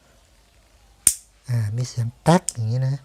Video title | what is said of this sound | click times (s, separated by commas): ล้างหัวฉีดเตาแก๊สตัน ง่ายๆ 0 บาท | โอเคหลังจากที่เราใส่ได้แล้วนะครับเราก็ลองหมุนดูถ้ามันหมุนได้แต๊กก็เกินมันเข้าล็อค | 1.1 s